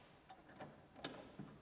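A keyed W5W bulb holder is handled against the plastic headlamp housing of a 2013 Renault Clio while being lined up after several attempts to fit it the one way it goes. Only a few small, faint tapping and handling sounds are heard. Nothing has seated or clicked yet.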